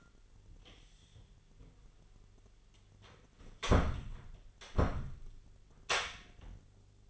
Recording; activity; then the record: daily activity, microphone in the room; close door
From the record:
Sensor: 4